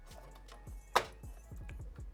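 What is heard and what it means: A motherboard is aligned inside a Corsair FRAME 4000D case and dropped onto the locating reverse standoff. A sharp, bright snap is heard at 0.9 s over a low background hum with faint softer taps afterward. The motherboard seats on the standoff.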